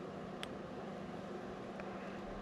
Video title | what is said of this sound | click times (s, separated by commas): updating wiring with deutsch connectors. | pops right there | 0.4 s